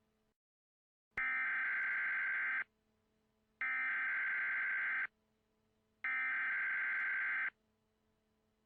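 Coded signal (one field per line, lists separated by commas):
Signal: Emergency Alert System (SAME) tones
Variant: header bursts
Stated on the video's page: Simulated EAS scenario, not a real alert.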